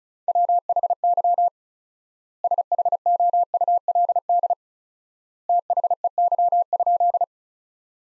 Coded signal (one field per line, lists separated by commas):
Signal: Morse code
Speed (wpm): 34 wpm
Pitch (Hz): 700 Hz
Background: none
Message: WHY SHOULD THEY?